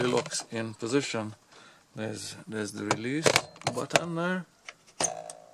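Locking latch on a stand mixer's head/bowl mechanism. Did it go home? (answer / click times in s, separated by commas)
released / 5.1 s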